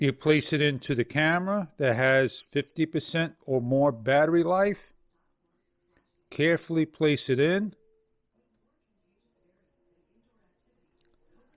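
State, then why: Seated. Someone talks for most of the clip, then an SDXC memory card is carefully pushed into the card slot of a GoPro action camera with 50% or more battery life, during a firmware V01.30 update. A single sharp click is heard at 11.0 s as the card locks into place and is seated.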